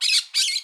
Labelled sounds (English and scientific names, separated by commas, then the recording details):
Brown-throated Parakeet (Eupsittula pertinax) contact call
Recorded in Curacao
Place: Hoffi Jan Thiel
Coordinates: 12.094, -68.877